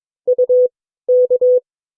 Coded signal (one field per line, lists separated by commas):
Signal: Morse code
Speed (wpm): 22 wpm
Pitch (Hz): 500 Hz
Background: none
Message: UK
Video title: CW Class - Session 2 (2026-01-29)